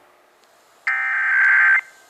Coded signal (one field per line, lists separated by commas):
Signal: Emergency Alert System (SAME) tones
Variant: header bursts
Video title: (EAS #993-1,002) March 2026 Texas Required Monthly Test